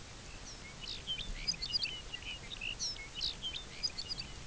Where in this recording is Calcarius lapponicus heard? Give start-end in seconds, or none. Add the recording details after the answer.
0.05-4.46. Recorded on Arctic tundra, site UTQI-0, on 22 June 2018. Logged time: 12:00